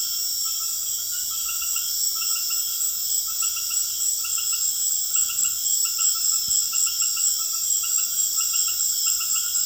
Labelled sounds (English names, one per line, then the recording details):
none
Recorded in secondary vegetation near Puerto Asís, Putumayo, Colombia, on 23 June 2025 at 19:00
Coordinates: 0.500, -76.326
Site GP08